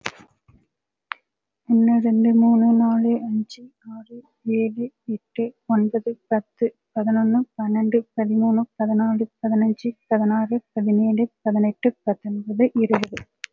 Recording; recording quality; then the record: counting at a normal pace; excellent, no background noise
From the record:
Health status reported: healthy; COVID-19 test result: negative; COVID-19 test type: RT-PCR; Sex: female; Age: 24 years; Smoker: no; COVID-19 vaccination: one dose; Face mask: worn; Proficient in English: yes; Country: India